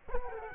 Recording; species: mosquito wingbeat signal from an infrared sensor; Culex quinquefasciatus